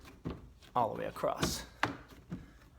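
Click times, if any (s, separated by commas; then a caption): 1.8 s. A plastic back trim panel on a Nissan Maxima's trunk lid is pushed down all the way across, seating its retaining clips. Someone talks, and a sharp snap at 1.8 s marks a clip seating, with softer taps following. The panel is seated.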